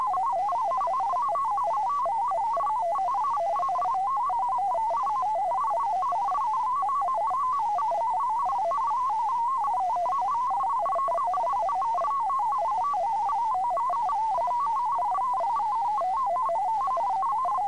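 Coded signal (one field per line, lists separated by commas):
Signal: multi-tone FSK (Olivia or MFSK type)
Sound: rapid warbling tone hopping between pitches continuously, like a burbling melody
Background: faint steady high whistle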